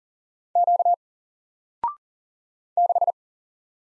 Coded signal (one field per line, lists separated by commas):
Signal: Morse code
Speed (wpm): 40 wpm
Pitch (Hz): 700 Hz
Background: none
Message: Q 6